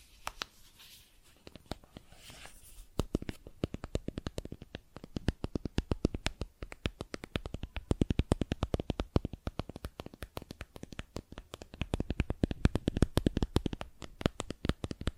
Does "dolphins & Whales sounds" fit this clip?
no